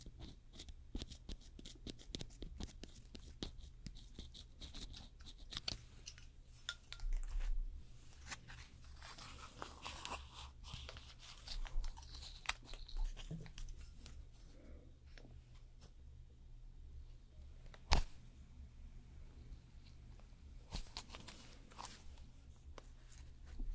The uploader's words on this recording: ASMR Doing Your Nails Nail Extension & Gel Nail (No Talking).